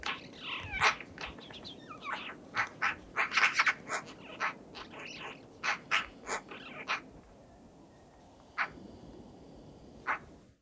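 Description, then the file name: Eurasian magpie giving harsh, rasping chatter notes in an irregular burst over about seven seconds, then two more isolated calls after a pause. "Pica pica"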